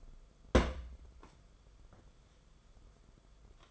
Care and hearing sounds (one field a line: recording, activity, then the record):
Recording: daily activity, microphone in the room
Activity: place on stove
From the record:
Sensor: 5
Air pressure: 994.6 hPa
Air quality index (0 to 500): 187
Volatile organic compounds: 1000 ppm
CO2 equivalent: 5495 ppm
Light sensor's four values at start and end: 43/129/51/56 and 44/133/52/57